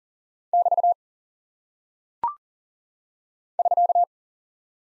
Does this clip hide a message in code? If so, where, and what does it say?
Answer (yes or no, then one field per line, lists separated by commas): yes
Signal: Morse code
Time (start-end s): 0.5-4.0 s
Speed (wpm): 40 wpm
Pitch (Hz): 700 Hz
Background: none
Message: <BT> <SK>